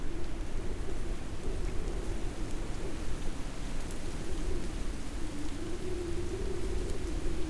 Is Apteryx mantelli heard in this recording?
no